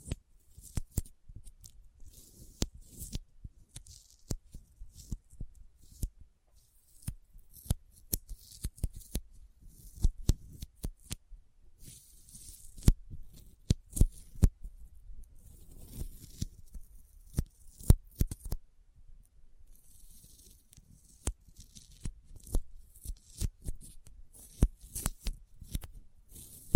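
Sticky fingers make a busy run of sharp clicks and tacky pops, coming irregularly, often several per second, with short gaps between clusters. Faint soft rustling and smacking fills the spaces, and some pops land noticeably louder than the rest.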